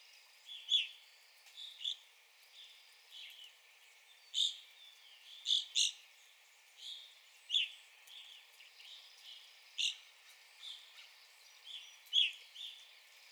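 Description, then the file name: Evening grosbeak calls: loud, clear chirps repeated every second or so, sometimes doubled, with quieter chirps between them. Recorded 9 April 2021. "2021-04-09 Evening Grosbeak"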